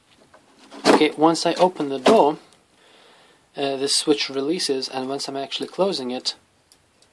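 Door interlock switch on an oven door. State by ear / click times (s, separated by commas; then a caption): not seated / none. Someone talks while handling the door of a heat treatment oven fitted with a door interlock switch, which releases when the door opens and is pressed when the door closes. The door is being closed, but the switch has not clicked on yet by the end of the clip.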